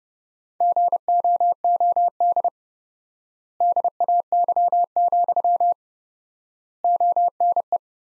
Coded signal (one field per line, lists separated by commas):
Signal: Morse code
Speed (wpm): 30 wpm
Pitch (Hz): 700 Hz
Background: none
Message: GOOD DAY, ONE